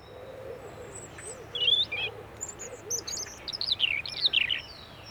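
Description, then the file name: European robin giving thin, high warbled phrases in two bursts, while a soft low hooting coo repeats steadily underneath. "Erithacus rubecula"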